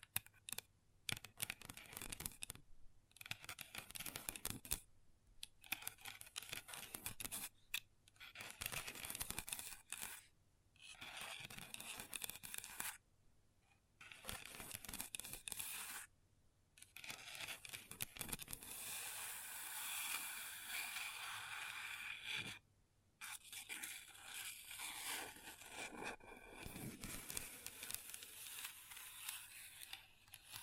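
Long nails tap and scratch across a tabletop in bursts of dense, bright scratching, separated by short silences every few seconds. The strokes are raspy and crackly. Around the 18–22 second mark, a longer hissing scrape runs steadily before the stop-start pattern returns.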